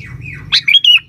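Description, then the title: Sooty-headed bulbul song: a brief run of clear whistled notes, a bright squeak followed by two sliding whistles, over a faint low hum. "Kutilang"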